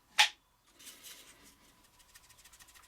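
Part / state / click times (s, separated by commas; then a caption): fixed-blade knife into plastic belt sheath / seated / 0.2 s. A Cold Steel Canadian Belt Knife, a fixed-blade knife, is pushed into its molded plastic belt sheath, which has a drainage hole in the bottom and a generous belt loop. It locks in with one sharp, bright retention click at 0.2 s, followed by quieter rustling and faint handling ticks. The knife is seated with good retention and will not come loose.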